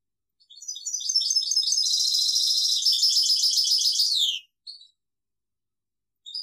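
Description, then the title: European goldfinch song: a high, rapid twittering phrase of nearly four seconds closes with a descending slur, then a few scattered short notes. "Chant Chardonneret"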